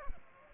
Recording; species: mosquito wingbeat signal from an infrared sensor; Aedes aegypti